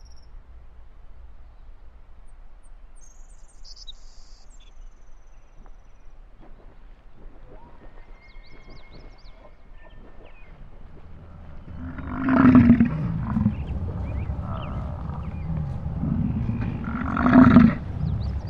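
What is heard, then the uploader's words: Quiet outdoor nature ambience with a low steady rumble and a few faint, high bird chirps early on. Later, two loud, deep animal growls or roars rise, one around the middle and another near the end. Sound Break: Yellowstone. Ambient nature.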